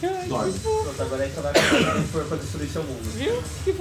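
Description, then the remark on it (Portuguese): A voice imitates a creature snoring, with rough, throaty, rasping snorts and gurgles over about four seconds, including a harsher burst midway, at a steady moderate volume. “E deita, e aí vocês começam a escutar um ronco.”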